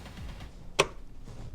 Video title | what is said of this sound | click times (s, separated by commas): How to do your own OIL and FILTER change on a BMW G80 M3 (S58) | You hear the click. | 0.8 s